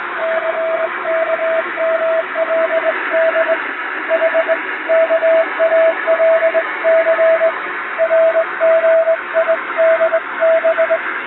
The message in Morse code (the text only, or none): CKMLD HKALC RGIDB